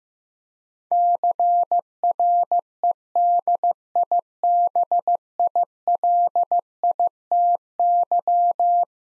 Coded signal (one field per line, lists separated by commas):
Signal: Morse code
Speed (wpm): 15 wpm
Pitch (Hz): 700 Hz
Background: none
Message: CREDIBILITY